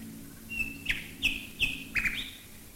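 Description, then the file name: Common nightingale song: a thin whistle followed by four loud, slurred, repeated phrases about a third of a second apart, over a low steady hum. Nightingales singing while bombers fly overhead, recorded in 1942. "nightingales and bombers 1942"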